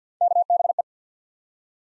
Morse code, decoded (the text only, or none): KBE